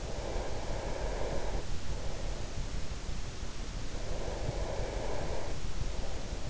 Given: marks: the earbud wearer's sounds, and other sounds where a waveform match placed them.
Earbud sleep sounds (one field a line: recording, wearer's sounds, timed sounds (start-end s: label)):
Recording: sounds in sleep by an in-ear microphone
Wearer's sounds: breath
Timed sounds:
0.01-2.79 s: breath
4.21-6.50 s: breath